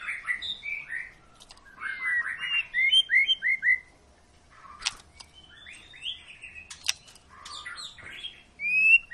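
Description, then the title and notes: White-rumped shama song, bursts of varied warbled and slurred whistles separated by short pauses, with a few sharp clicks. Long lure recording (pancingan) of a shama singing vigorously (gacor), used to prompt other birds to sing. "Murai Batu Gacor Panjang. muraiku"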